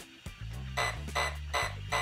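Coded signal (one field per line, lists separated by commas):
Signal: beep code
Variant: Hobbywing ESC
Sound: four short buzzy electronic beeps, evenly spaced, over a low steady hum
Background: low hum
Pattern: 4 short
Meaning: Four beeps mark programming column 4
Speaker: I pushed the button again it goes to column 4 with 4 beeps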